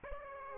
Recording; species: mosquito wingbeat signal from an infrared sensor; Aedes aegypti